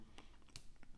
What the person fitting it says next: and you can hear it pop and you can feel it through your fingers